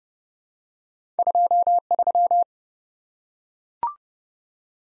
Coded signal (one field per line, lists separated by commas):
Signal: Morse code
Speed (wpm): 30 wpm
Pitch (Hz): 700 Hz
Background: none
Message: 23